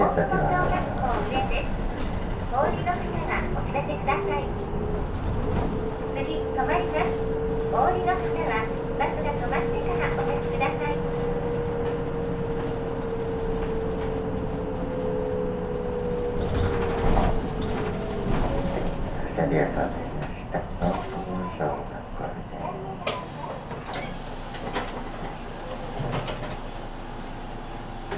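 A Saihi bus ride from Yumiharidake Observatory toward Sasebo Station, with a steady low engine rumble throughout. A smooth whining tone holds from about 5 to 17 seconds, and scattered knocks, rattles and bits of voices come and go.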